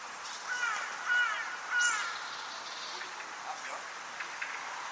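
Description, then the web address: Bird calls: three clear, falling whistled notes, then fainter sounds against a hissing background. "cianscape. 2025. Bird Only"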